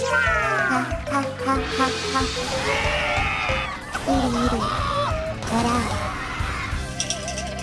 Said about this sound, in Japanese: どうしたんだ？ おそらくあまりの素晴らしさに悲鳴を上げたのでは。ほら、あまりの美しさに言葉を失っている。